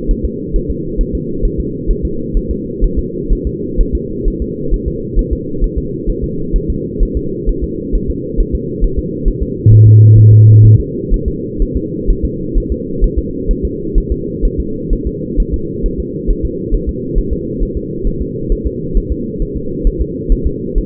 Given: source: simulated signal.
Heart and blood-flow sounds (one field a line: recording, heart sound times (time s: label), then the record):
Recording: fetal heart sounds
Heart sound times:
0.11 s: S1
0.25 s: S2
0.56 s: S1
0.70 s: S2
1.01 s: S1
1.15 s: S2
1.45 s: S1
1.60 s: S2
1.90 s: S1
2.05 s: S2
2.37 s: S1
2.51 s: S2
2.84 s: S1
2.99 s: S2
3.32 s: S1
3.47 s: S2
3.80 s: S1
3.95 s: S2
4.28 s: S1
4.42 s: S2
4.74 s: S1
4.88 s: S2
5.19 s: S1
5.33 s: S2
5.64 s: S1
5.78 s: S2
6.09 s: S1
6.24 s: S2
6.56 s: S1
6.70 s: S2
7.03 s: S1
7.17 s: S2
7.49 s: S1
7.64 s: S2
7.95 s: S1
8.10 s: S2
8.40 s: S1
8.55 s: S2
8.84 s: S1
8.99 s: S2
9.28 s: S1
9.43 s: S2
9.73 s: S1
9.87 s: S2
10.18 s: S1
10.32 s: S2
10.65 s: S1
10.80 s: S2
11.14 s: S1
11.28 s: S2
11.62 s: S1
11.77 s: S2
12.10 s: S1
12.25 s: S2
12.57 s: S1
12.72 s: S2
13.04 s: S1
13.18 s: S2
13.51 s: S1
13.65 s: S2
13.98 s: S1
14.12 s: S2
14.45 s: S1
14.60 s: S2
14.93 s: S1
15.07 s: S2
15.40 s: S1
15.54 s: S2
15.86 s: S1
16.00 s: S2
16.30 s: S1
16.45 s: S2
16.74 s: S1
16.89 s: S2
17.18 s: S1
17.33 s: S2
17.62 s: S1
17.77 s: S2
18.07 s: S1
18.21 s: S2
18.52 s: S1
18.67 s: S2
18.97 s: S1
19.12 s: S2
19.42 s: S1
19.57 s: S2
19.87 s: S1
20.01 s: S2
20.32 s: S1
20.47 s: S2
20.78 s: S1
From the record:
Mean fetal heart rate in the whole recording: 130 bpm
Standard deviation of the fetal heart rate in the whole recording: 4 bpm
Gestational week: 38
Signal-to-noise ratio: -6.6 dB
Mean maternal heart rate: 72 bpm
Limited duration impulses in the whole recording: present